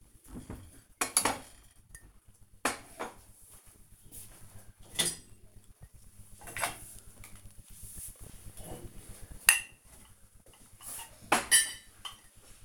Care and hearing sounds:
household activities, microphone on the right wrist
0.00-12.65 s: cleaning out the dishwasher
4.15 s: note: voice

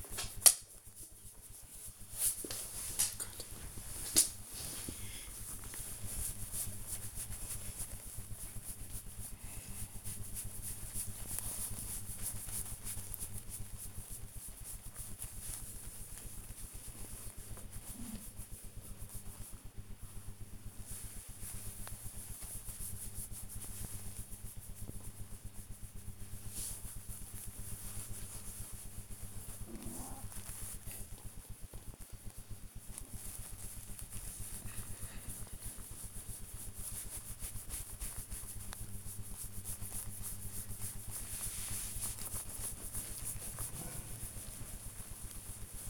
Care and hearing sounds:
household activities, microphone on the right wrist
0.00-39.83 s: pet the dog
42.83-45.90 s: pet the dog

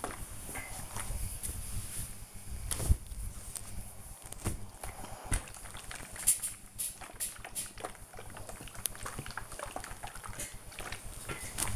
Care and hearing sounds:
household activities, microphone on the right wrist
0.00-11.76 s: ironing laundry

